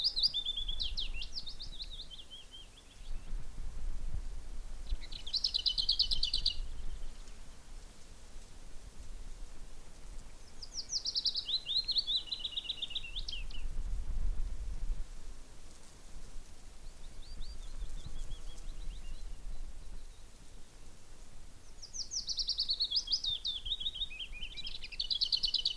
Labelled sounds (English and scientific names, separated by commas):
Lesser Whitethroat (Sylvia curruca)